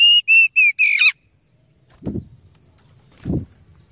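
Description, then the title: Oriental magpie-robin giving a quick run of four loud, piercing whistled notes, the last slurred downward, followed by two low dull thumps. Oriental magpie-robin song used as a training recording (masteran) to provoke fighting behaviour in another kacer bird. "Kacer Langsung Tarung Konslet KACER NGOTOT FULL TEMBAKAN. MASTERAN KACER"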